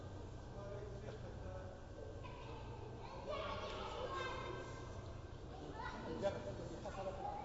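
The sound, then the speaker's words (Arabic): Children playing and chattering, their overlapping high voices rising and falling over a steady low hum, with one brief louder shout near the end. “والله أنا أحب لعب البزرع لهي أشغلني لعب الأطفال يزيلهم من التسيس”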